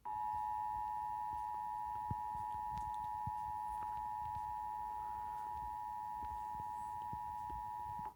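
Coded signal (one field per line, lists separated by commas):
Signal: Emergency Alert System (SAME) tones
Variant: 853 and 960 Hz attention tone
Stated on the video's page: Ohio Required Monthly Test captured from Spectrum cable in Akron.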